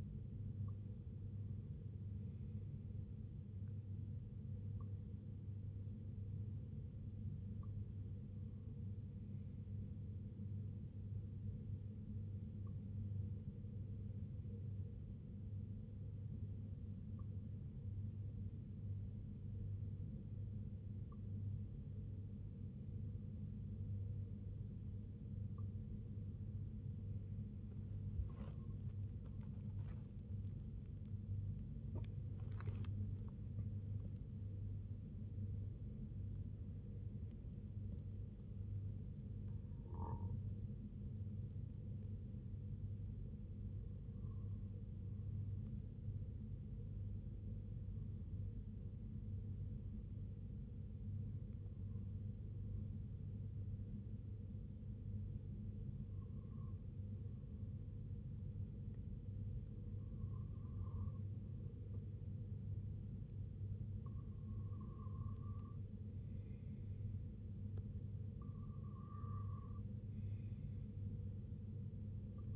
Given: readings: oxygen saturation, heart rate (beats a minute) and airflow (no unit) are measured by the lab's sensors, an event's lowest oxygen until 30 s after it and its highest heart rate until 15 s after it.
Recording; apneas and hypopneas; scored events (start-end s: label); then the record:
breathing in sleep by a smartphone at the bedside; 2
14.00-34.10 s: hypopnea (N2, oxygen 94% highest, then 93% lowest, heart rate 63 at the start, 83 highest)
27.00-57.00 s: new sleep stage, N1 (lightest sleep)
43.00-64.50 s: hypopnea (N1, oxygen 95% highest, then 92% lowest, heart rate 66 at the start, 68 highest)
57.00-72.56 s: new sleep stage, N2 (light sleep)
From the record:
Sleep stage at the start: N2 (light sleep); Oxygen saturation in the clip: 92 to 95%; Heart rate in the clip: 57 to 83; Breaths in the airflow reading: 14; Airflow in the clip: -8.8 to 12.7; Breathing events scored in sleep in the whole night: 258 in 7.4 hours asleep